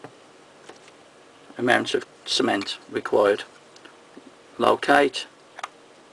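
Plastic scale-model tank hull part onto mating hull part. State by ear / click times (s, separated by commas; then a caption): seated / 5.6 s. Two halves of a 1:72 plastic scale-model tank hull, with cement on the lugs, are located and pressed together, and they snap into place with sharp clicks at 5.6 s and 5.6 s. Someone talks through most of the clip.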